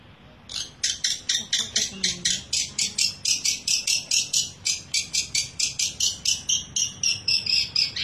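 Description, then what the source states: Long-tailed shrike delivering a long run of rasping, buzzy notes in quick succession, steady and insistent throughout. Combination song.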